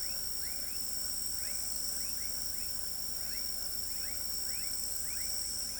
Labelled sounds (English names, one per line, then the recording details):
none
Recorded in pastures near Pivijay, Magdalena, Colombia, on 4 June 2023 at 20:30
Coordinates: 10.456, -74.369
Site P6-G026